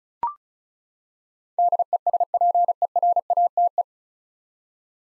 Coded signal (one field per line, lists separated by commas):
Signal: Morse code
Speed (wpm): 36 wpm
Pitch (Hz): 700 Hz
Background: none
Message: DESPERATE